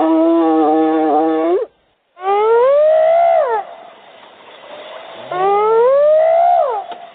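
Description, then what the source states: Hyena whoops: several drawn-out, wavering calls that rise and fall in pitch. A true hyena, for comparison with reported Umatilla Sasquatch sounds that witnesses say resemble a hyena.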